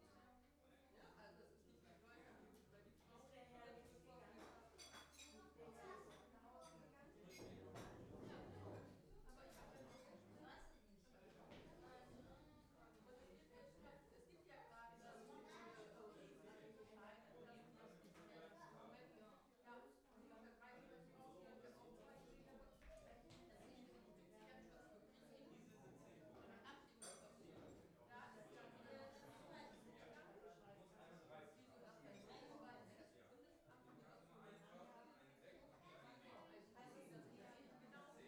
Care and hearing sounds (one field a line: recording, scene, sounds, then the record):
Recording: everyday scene through a hearing-aid microphone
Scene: many people talking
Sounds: many voices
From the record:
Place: parish hall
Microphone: behind the ear, right, front